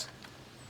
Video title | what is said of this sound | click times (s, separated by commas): A deep dive into VW T6 campervan awnings and how to strengthen it for breezy weather. Tips & tricks | until it clicks | 0.2 s